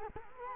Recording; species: mosquito wingbeat signal from an infrared sensor; Culex quinquefasciatus